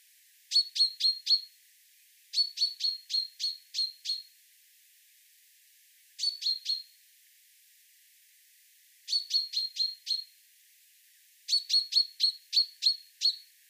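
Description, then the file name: Common chaffinch giving sharp high chirps in rapid runs of a few to several notes, separated by pauses. "Fringilla coelebs"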